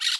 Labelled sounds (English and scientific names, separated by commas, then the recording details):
Brown-throated Parakeet (Eupsittula pertinax) contact call
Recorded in Curacao
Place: N of oil terminal (Bullenbaai)
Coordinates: 12.200, -69.020